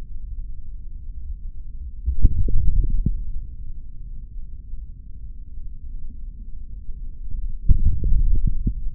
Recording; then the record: forearm muscle sounds (acoustic myography)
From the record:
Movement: hand closing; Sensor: system 3, bracelet of six PUI Audio POM-2738L microphones around the upper forearm, with dedicated amplification and filtering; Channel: 4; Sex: male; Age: 26 years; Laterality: right